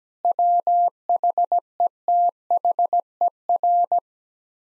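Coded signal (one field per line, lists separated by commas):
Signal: Morse code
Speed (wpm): 17 wpm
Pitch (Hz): 700 Hz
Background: none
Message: WHETHER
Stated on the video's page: Morse sent at 17 wpm as head-copy practice of common six-word groups, each sent, then repeated after being spoken.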